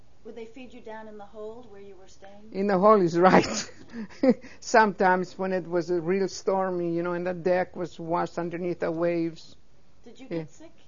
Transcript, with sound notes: Would they feed you down in the hold where you were staying?
In the hole is right. (She laughs.) Sometimes when it was real stormy, you know, and the deck was washed underneath the waves--
Did you get sick?